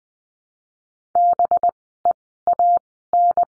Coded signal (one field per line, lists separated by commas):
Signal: Morse code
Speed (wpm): 20 wpm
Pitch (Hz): 700 Hz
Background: none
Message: BEAN